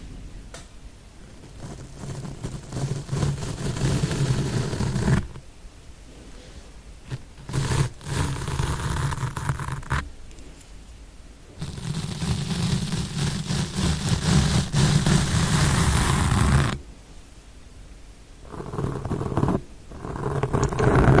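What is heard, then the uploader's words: Intense mic scratching: rough, dense rubbing bursts with a strong low rumble, coming in long stretches around 0–5, 10–17 and 19–21 seconds. Short scrapes and clicks break up the quieter gaps, and the loudest grinding builds near the end. Intense Mic Scratching.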